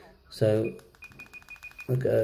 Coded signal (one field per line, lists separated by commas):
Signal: none